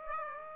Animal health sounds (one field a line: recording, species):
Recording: mosquito wingbeat signal from an infrared sensor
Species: Aedes aegypti